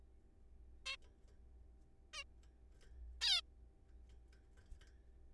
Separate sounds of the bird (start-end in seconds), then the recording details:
0.86-0.96, 2.13-2.24, 3.21-3.41. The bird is a juvenile. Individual R3428